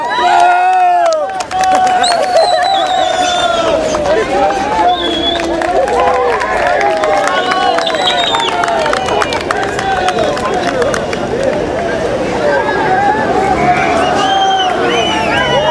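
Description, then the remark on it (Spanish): A large protest crowd at the Cruce de Viacha in El Alto, on a march against the transport unions, claps and cheers continuously, with many voices shouting over one another in a dense, loud roar that holds steady for the whole stretch after a brief quieter start. “¡Salir y viene el aplauso!”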